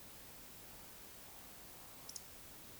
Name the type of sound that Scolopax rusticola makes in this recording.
whistle, croak